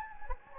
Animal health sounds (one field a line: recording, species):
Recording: mosquito wingbeat signal from an infrared sensor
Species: Anopheles gambiae